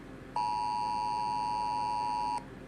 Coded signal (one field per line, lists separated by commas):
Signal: Emergency Alert System (SAME) tones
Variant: 853 and 960 Hz attention tone